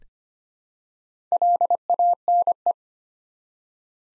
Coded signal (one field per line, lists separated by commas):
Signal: Morse code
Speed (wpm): 25 wpm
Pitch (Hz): 700 Hz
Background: none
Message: LANE